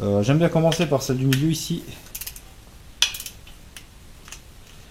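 A torque wrench tightens a bolt on the housing of a Chevrolet TH 350 automatic transmission, the first of two tightening passes at about 6.8 N·m. Someone talks for the first two seconds, then a few light taps follow. The wrench clicks at its setting with a single loud, sharp hit at 3.0 s, followed by fainter ticks.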